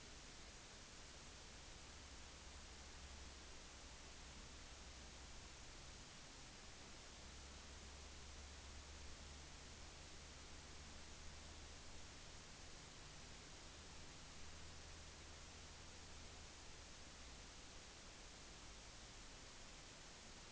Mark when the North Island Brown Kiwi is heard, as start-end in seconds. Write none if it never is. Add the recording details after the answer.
none. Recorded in New Zealand on 10 November 2013. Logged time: 02:19